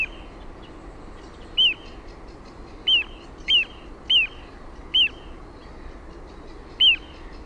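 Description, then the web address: Little ringed plover call series: clear, falling whistled notes given irregularly, some in quick succession, against constant low noise. "OMAT AANITYKSET PIKKUTYLLI"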